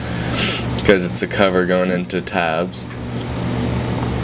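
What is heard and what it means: Someone talks while pushing the plastic outer case of an Xbox 360 game console back together during a red ring repair, so that its cover clips into the chassis tabs. A steady low hum runs underneath. Nothing has clicked or seated yet by the end.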